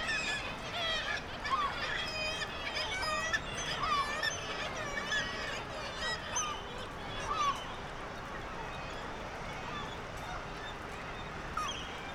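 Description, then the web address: Black-legged kittiwake calls, loud nasal rising and falling cries in the first half, thinning to a quieter chorus of calling birds later. "sound Black-legged-kittiwake. صدای-پرنده-کاکایی-پاسیاه"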